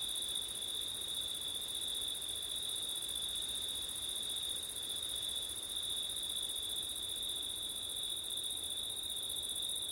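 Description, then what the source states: Steady cricket trilling, high and ringing, holds throughout while gentle wind noise rushes underneath. Crickets on a September night, with wind, recorded with an ORTF stereo microphone setup.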